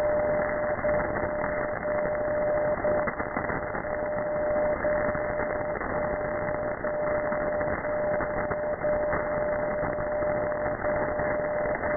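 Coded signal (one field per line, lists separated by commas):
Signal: radio time signal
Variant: DCF77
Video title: 77 5 kHz DCF77 Jan 20,2020 1944 UTC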